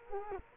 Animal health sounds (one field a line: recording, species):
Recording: mosquito wingbeat signal from an infrared sensor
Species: Culex quinquefasciatus